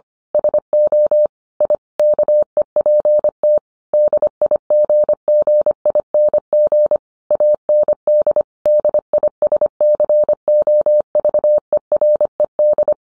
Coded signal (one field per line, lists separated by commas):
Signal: Morse code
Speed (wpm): 25 wpm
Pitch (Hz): 600 Hz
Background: none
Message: SO I KEPT DIGGING AND DISCOVERED